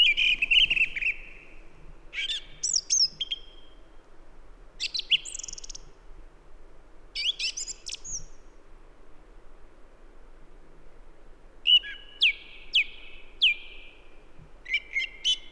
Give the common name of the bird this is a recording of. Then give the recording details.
Song Thrush. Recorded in the wild. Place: Halbinsel Kindo, Karelien, RU. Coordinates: 66.55, 33.1. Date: 1998-06-22. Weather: clear, 8°C, weak easterly winds. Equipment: Aiwa HD-S1, Telinga Pro 5. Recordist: Frommolt, Karl-Heinz. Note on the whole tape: Mastenweg, Höhe Mast 6: Gesang. Entfernung ca. 20 m. Tier nicht gesehen